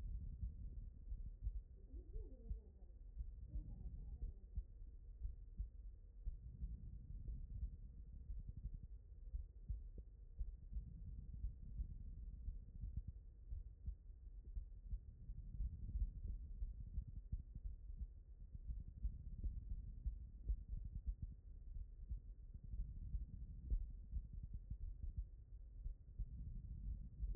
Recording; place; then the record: heart sounds by stethoscope; pulmonary valve (PV)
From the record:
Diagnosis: non-HFrEF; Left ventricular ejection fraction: 67%